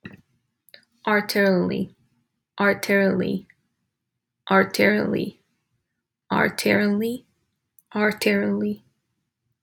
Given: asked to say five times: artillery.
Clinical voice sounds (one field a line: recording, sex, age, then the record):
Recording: repeated word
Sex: female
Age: 20 to 29 years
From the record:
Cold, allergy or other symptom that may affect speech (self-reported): no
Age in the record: 21 years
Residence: Illinois, United States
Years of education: 16